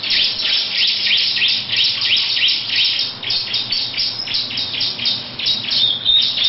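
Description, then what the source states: Lovebird singing a continuous, fast chatter of high slurred chirps mixed with thin whistled squeaks, barely pausing throughout. Long ngekek chattering song.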